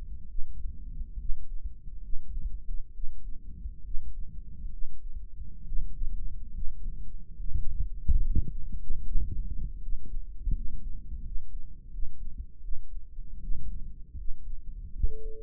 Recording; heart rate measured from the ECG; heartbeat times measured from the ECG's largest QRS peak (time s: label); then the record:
heart sounds by microphone in the right ear; 74 bpm
0.24 s: heartbeat
1.14 s: heartbeat
1.98 s: heartbeat
2.89 s: heartbeat
3.80 s: heartbeat
4.67 s: heartbeat
5.62 s: heartbeat
6.49 s: heartbeat
7.34 s: heartbeat
8.17 s: heartbeat
9.00 s: heartbeat
9.76 s: heartbeat
10.50 s: heartbeat
11.19 s: heartbeat
11.88 s: heartbeat
12.58 s: heartbeat
13.37 s: heartbeat
14.13 s: heartbeat
14.90 s: heartbeat
From the record:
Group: healthy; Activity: rest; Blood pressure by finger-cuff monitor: 91/66 mmHg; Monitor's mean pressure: 74 mmHg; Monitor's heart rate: 72 bpm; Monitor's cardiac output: 4.9 L/min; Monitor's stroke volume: 71 mL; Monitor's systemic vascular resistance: 1050 dyn s/cm5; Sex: male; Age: 20 years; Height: 187 cm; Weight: 68.9 kg